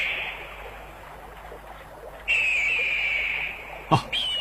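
An eagle flying high gives long, thin, high-pitched whistling cries, each held steadily, followed by a sharp downward-swooping shriek and a brief final call. No one speaks.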